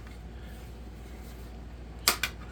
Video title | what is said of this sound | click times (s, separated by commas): Tiny "Gaming" pc, GMKtec K1 (re-upload) | There you go, just like that. And it just pops off. It's just held on with little, clips basically. | 2.1 s, 2.2 s